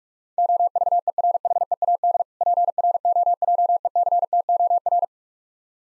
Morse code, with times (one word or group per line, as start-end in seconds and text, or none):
0.4-2.2 OVERHEAD
2.4-5.0 PROJECTOR